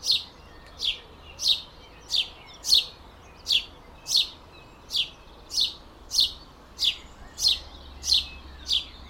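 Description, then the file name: House sparrow chirping, a steady series of sharp, bright notes repeated about every two-thirds of a second, with a faint low hum beneath. "Passer domesticus"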